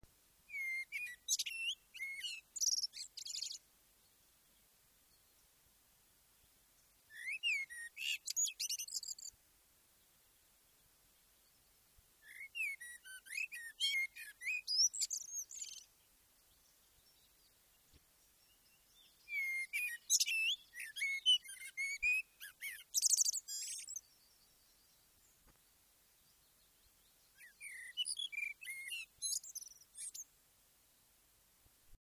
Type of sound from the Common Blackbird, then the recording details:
song. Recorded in the wild. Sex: male. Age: adult. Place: Effeltrich, Bayern, DE. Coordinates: 49.6603, 11.0908. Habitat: pond. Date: 1964-04-19. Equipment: Original, Vollspur. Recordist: Tretzel, Erwin. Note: Effeltrich (Teich): Männchen: Gesang, Strophenauswahl "zizibe" und Imitationen Spötter - "darü"